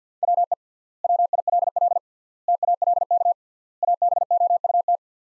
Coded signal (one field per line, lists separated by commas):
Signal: Morse code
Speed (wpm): 50 wpm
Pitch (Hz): 700 Hz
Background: none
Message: WE WILL TALK ABOUT